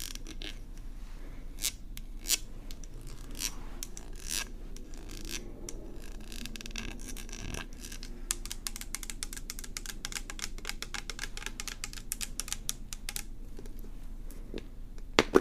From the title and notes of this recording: ASMR This Or That - Bestie Plays With Your Hair (Scalp Oiling, Plucking, Scratching, Hair Brushing). Scalp oiling, plucking, scratching (massage), hair parting, and brushing.